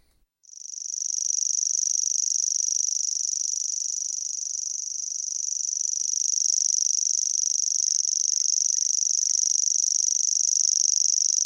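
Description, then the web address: Common grasshopper warbler reeling: a high, dry, insect-like trill that starts abruptly and runs unbroken for over ten seconds, with a few faint soft lower notes near the end. "Grashoppesanger"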